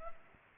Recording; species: mosquito wingbeat signal from an infrared sensor; Culex pipiens